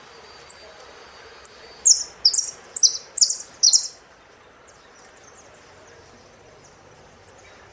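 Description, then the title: Saffron finch song: a short burst of rapid, high buzzy notes in the middle, with scattered sharp high chips before and after over a faint steady hiss. "Jilguero Argentino"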